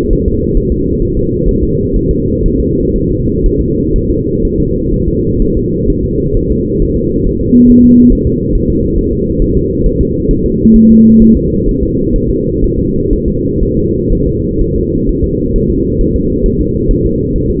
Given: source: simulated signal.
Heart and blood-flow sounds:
fetal heart sounds
0.13 s: S1
0.28 s: S2
0.57 s: S1
0.72 s: S2
1.02 s: S1
1.17 s: S2
1.49 s: S1
1.63 s: S2
1.97 s: S1
2.11 s: S2
2.46 s: S1
2.60 s: S2
2.96 s: S1
3.11 s: S2
3.46 s: S1
3.61 s: S2
3.96 s: S1
4.11 s: S2
4.45 s: S1
4.60 s: S2
4.94 s: S1
5.09 s: S2
5.42 s: S1
5.57 s: S2
5.90 s: S1
6.05 s: S2
6.37 s: S1
6.52 s: S2
6.82 s: S1
6.97 s: S2
7.27 s: S1
7.41 s: S2
7.70 s: S1
7.84 s: S2
8.12 s: S1
8.27 s: S2
8.55 s: S1
8.70 s: S2
8.98 s: S1
9.13 s: S2
9.42 s: S1
9.57 s: S2
9.86 s: S1
10.01 s: S2
10.31 s: S1
10.46 s: S2
10.76 s: S1
10.91 s: S2
11.22 s: S1
11.37 s: S2
11.69 s: S1
11.83 s: S2
12.16 s: S1
12.31 s: S2
12.64 s: S1
12.79 s: S2
13.13 s: S1
13.28 s: S2
13.63 s: S1
13.78 s: S2
14.12 s: S1
14.27 s: S2
14.62 s: S1
14.76 s: S2
15.09 s: S1
15.24 s: S2
15.56 s: S1
15.70 s: S2
16.01 s: S1
16.16 s: S2
16.46 s: S1
16.61 s: S2
16.91 s: S1
17.06 s: S2
17.36 s: S1
17.51 s: S2
From the record:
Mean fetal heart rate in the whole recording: 130 bpm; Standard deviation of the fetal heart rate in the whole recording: 4 bpm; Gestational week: 38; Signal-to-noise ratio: -14.7 dB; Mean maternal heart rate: 72 bpm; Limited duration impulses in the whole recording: present

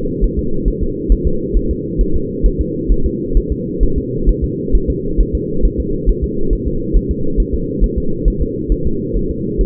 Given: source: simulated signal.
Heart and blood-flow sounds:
fetal heart sounds
0.24 s: S1
0.39 s: S2
0.68 s: S1
0.83 s: S2
1.12 s: S1
1.27 s: S2
1.57 s: S1
1.71 s: S2
2.01 s: S1
2.16 s: S2
2.46 s: S1
2.61 s: S2
2.92 s: S1
3.06 s: S2
3.37 s: S1
3.52 s: S2
3.83 s: S1
3.98 s: S2
4.29 s: S1
4.44 s: S2
4.75 s: S1
4.90 s: S2
5.21 s: S1
5.35 s: S2
5.65 s: S1
5.80 s: S2
6.09 s: S1
6.24 s: S2
6.53 s: S1
6.67 s: S2
6.97 s: S1
7.11 s: S2
7.40 s: S1
7.54 s: S2
7.84 s: S1
7.98 s: S2
8.28 s: S1
8.42 s: S2
8.72 s: S1
8.87 s: S2
9.17 s: S1
9.31 s: S2
9.61 s: S1
From the record:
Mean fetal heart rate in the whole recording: 135 bpm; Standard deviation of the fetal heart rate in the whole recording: 3 bpm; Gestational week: 36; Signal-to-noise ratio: -8.1 dB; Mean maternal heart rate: 72 bpm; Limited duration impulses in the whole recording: absent

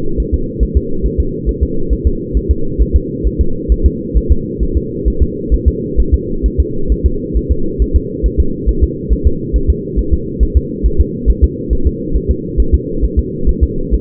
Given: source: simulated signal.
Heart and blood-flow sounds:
fetal heart sounds
0.20 s: S1
0.34 s: S2
0.63 s: S1
0.77 s: S2
1.06 s: S1
1.20 s: S2
1.49 s: S1
1.63 s: S2
1.93 s: S1
2.07 s: S2
2.37 s: S1
2.51 s: S2
2.82 s: S1
2.96 s: S2
3.27 s: S1
3.41 s: S2
3.72 s: S1
3.86 s: S2
4.17 s: S1
4.32 s: S2
4.63 s: S1
4.77 s: S2
5.08 s: S1
5.22 s: S2
5.54 s: S1
5.68 s: S2
6.00 s: S1
6.14 s: S2
6.46 s: S1
6.60 s: S2
6.92 s: S1
7.06 s: S2
7.37 s: S1
7.52 s: S2
7.82 s: S1
7.96 s: S2
8.26 s: S1
8.40 s: S2
8.69 s: S1
8.84 s: S2
9.12 s: S1
9.27 s: S2
9.56 s: S1
9.70 s: S2
9.99 s: S1
10.14 s: S2
10.43 s: S1
10.57 s: S2
10.86 s: S1
11.01 s: S2
11.30 s: S1
11.44 s: S2
11.73 s: S1
11.87 s: S2
12.16 s: S1
12.31 s: S2
12.60 s: S1
12.74 s: S2
13.04 s: S1
13.19 s: S2
13.49 s: S1
13.63 s: S2
13.94 s: S1
From the record:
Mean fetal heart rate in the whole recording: 135 bpm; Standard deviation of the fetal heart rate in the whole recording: 3 bpm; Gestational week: 34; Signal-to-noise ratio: -8.1 dB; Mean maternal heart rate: 72 bpm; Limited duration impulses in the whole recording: absent

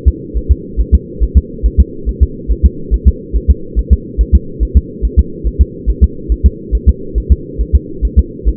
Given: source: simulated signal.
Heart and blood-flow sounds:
fetal heart sounds
0.08 s: S2
0.37 s: S1
0.51 s: S2
0.80 s: S1
0.95 s: S2
1.23 s: S1
1.37 s: S2
1.66 s: S1
1.80 s: S2
2.09 s: S1
2.23 s: S2
2.51 s: S1
2.66 s: S2
2.94 s: S1
3.08 s: S2
3.36 s: S1
3.51 s: S2
3.79 s: S1
3.93 s: S2
4.21 s: S1
4.35 s: S2
4.63 s: S1
4.77 s: S2
5.05 s: S1
5.19 s: S2
5.47 s: S1
5.61 s: S2
5.90 s: S1
6.04 s: S2
6.32 s: S1
6.46 s: S2
6.75 s: S1
6.89 s: S2
7.18 s: S1
7.32 s: S2
7.61 s: S1
7.75 s: S2
8.05 s: S1
8.19 s: S2
8.48 s: S1
From the record:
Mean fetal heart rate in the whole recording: 140 bpm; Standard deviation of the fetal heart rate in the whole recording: 2 bpm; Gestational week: 34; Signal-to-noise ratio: -4.3 dB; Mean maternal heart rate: 72 bpm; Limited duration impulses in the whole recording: absent

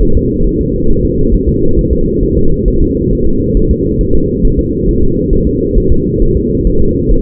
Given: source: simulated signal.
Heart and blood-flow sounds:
fetal heart sounds
0.03 s: S1
0.17 s: S2
0.47 s: S1
0.61 s: S2
0.91 s: S1
1.05 s: S2
1.35 s: S1
1.49 s: S2
1.79 s: S1
1.93 s: S2
2.23 s: S1
2.38 s: S2
2.68 s: S1
2.82 s: S2
3.13 s: S1
3.27 s: S2
3.57 s: S1
3.71 s: S2
4.01 s: S1
4.15 s: S2
4.45 s: S1
4.59 s: S2
4.89 s: S1
5.03 s: S2
5.33 s: S1
5.47 s: S2
5.78 s: S1
5.92 s: S2
6.22 s: S1
6.37 s: S2
6.67 s: S1
6.81 s: S2
7.12 s: S1
From the record:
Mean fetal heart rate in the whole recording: 135 bpm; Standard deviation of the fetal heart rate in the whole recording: 3 bpm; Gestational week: 36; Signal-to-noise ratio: -17.7 dB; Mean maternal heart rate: 72 bpm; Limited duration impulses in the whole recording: present

